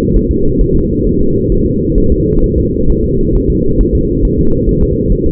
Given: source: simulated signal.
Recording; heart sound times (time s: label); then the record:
fetal heart sounds
0.16 s: S1
0.31 s: S2
0.61 s: S1
0.76 s: S2
1.07 s: S1
1.21 s: S2
1.52 s: S1
1.66 s: S2
1.98 s: S1
2.12 s: S2
2.44 s: S1
2.58 s: S2
2.90 s: S1
3.04 s: S2
3.35 s: S1
3.50 s: S2
3.81 s: S1
3.95 s: S2
4.25 s: S1
4.39 s: S2
4.69 s: S1
4.83 s: S2
5.12 s: S1
5.27 s: S2
From the record:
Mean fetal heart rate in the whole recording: 135 bpm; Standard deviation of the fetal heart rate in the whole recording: 3 bpm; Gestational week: 36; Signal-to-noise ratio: -16.4 dB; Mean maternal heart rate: 72 bpm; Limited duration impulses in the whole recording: present